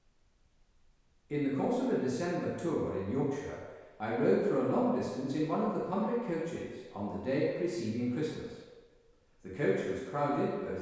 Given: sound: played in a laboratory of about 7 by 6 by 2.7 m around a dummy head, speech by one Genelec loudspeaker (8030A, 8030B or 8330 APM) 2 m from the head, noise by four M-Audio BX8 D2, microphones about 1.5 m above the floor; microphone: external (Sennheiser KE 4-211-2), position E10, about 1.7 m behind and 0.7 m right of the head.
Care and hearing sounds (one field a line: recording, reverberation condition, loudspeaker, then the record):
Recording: male speech in English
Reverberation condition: high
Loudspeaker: 150 degrees to the left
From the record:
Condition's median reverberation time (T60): about 1300 ms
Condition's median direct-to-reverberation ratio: about -4.0 dB